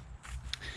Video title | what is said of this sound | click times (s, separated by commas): Peak Design Capture Camera Clip // Photography Gear YOU NEED! | make sure it's locked up take it out click it back in make sure you hear that click | 0.5 s